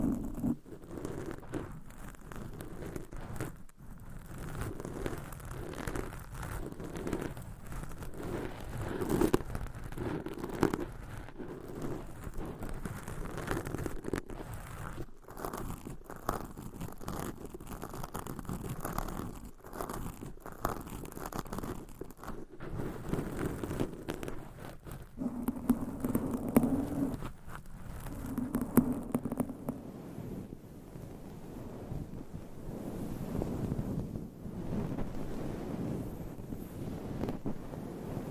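Nails scratch and rub across different microphone covers in a constant low, rough rustle, with brief dropouts and a few louder bursts near 25 seconds.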